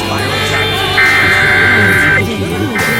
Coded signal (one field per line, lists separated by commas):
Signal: Emergency Alert System (SAME) tones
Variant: header bursts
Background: speech